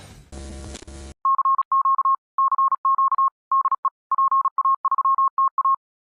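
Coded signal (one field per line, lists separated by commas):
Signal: Morse code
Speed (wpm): 36 wpm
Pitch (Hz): 1080 Hz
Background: none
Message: CQ CQ DE PA3TA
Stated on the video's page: Morse received during field tests of a homemade 2-element mini Yagi built from mobile 20 m (14 MHz) antennas.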